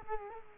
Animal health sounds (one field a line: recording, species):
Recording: mosquito wingbeat signal from an infrared sensor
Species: Culex quinquefasciatus